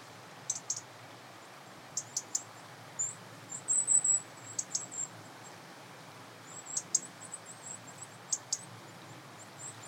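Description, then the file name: European robin making very high, thin, short notes and ticks, scattered irregularly in small bursts over a steady quiet hiss. "Erithacus rubecula"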